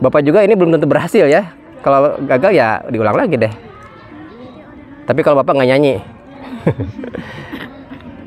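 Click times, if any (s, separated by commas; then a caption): none. An RJ45 plug fitted on a LAN network cable is held in a crimping tool while someone talks. Nothing has seated or clicked yet; the clip ends just before the tool is squeezed until it clicks.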